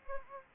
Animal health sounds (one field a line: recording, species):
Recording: mosquito wingbeat signal from an infrared sensor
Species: Anopheles gambiae